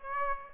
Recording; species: mosquito wingbeat signal from an infrared sensor; Aedes aegypti